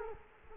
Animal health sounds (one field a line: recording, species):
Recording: mosquito wingbeat signal from an infrared sensor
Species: Culex quinquefasciatus